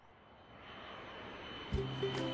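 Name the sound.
airplane engine flying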